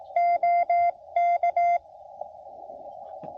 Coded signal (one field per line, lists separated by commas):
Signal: Morse code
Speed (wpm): 22 wpm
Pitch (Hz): 690 Hz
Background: none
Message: OK